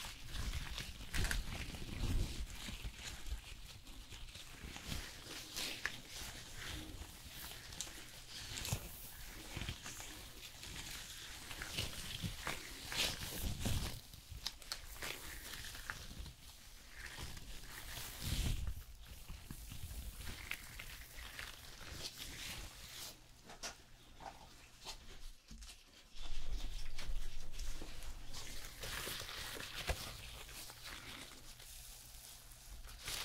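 Hair salon sounds run throughout, with a steady bright hiss and rustle overlaid by soft clattering, handling noises and scattered thumps. Brief louder bursts come near 2, 13 and 18 seconds, and a low hum sits underneath, pausing near 26 seconds.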